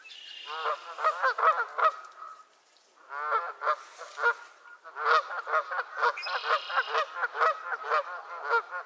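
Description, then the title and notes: Goose: geese honking in quick repeated series, a brief lull, then a long run of rapid overlapping honks. Squabbling geese at Miner's Marsh, Annapolis Valley, Nova Scotia. "Theraphonia - Geese at Miner's Marsh. Geese squabbles at Miner's Marsh, Annapolis Valley, Nova Scotia"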